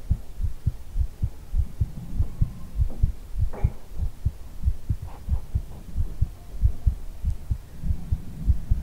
ASMR hugging your head - heartbeat with ear blowing.